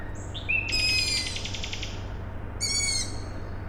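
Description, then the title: Owl chick calls: two high, squeaky cries with thin whistled notes before them, over a steady low industrial hum. Owl chicks calling at night on 21 May 2019 in Siemianowice Śląskie, Poland; industrial plant in background; recorded with Zoom H5 and Audio-Technica BP4025. "Siemianowice Śląskie, Polska - Owl chicks"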